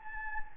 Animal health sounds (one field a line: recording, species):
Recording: mosquito wingbeat signal from an infrared sensor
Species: Anopheles gambiae